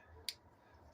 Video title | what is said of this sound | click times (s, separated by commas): Toyota Camry Spark Plug and Ignition Coil Replacement 2006-2011 | that snap right there | 0.3 s